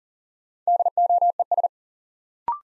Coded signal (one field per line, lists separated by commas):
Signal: Morse code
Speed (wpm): 40 wpm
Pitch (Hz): 700 Hz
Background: none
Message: DOES